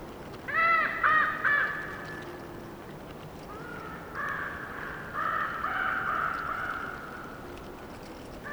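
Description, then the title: Bird croaking with three quick harsh caws, then a series of longer, drawn-out hoarse calls, all against continuous wind noise. Bird croaking during a windy storm with trees rustling. "GameAudioGDC. Windy storm with trees rustling and bird croaking"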